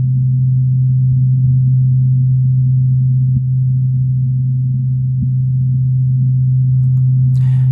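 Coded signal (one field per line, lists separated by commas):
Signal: radar signal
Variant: CMOR meteor radar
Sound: steady low buzzy tone around 140 Hz, two faint clicks, brief hiss at end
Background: radio static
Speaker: so that was a really great uh signature you could see how we were able to isolate uh one individual carrier and look at it on the the oscilloscope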